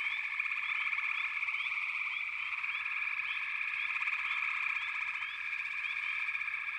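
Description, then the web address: Frog chorus, a dense continuous trilling of many frogs with short rising chirps scattered throughout, steady in loudness. "Nature Songs Nature Sounds The Natural Sounds of the Wilderness 10 CDs collection Echoes of Nature - Frog Chorus"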